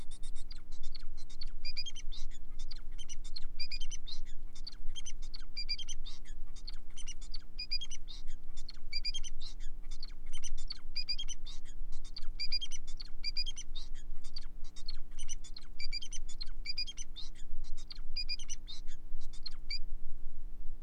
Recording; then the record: song of a male Bengalese finch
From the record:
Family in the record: son of father 4